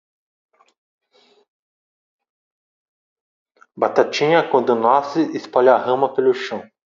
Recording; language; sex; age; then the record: short text; Brazilian Portuguese; male; 30 to 39 years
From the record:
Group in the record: control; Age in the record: 36 years